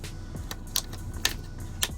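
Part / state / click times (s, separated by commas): plastic hinge cover onto car door hinge / seated / 1.2 s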